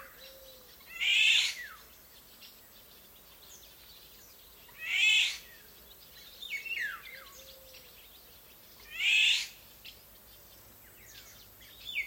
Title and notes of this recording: Lazy afternoon in the countryside. The soundscape of the village is lush, and its acoustics are very interesting as it sits on a few hills overlooking valleys with creeks at the bottom.